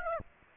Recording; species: mosquito wingbeat signal from an infrared sensor; Aedes aegypti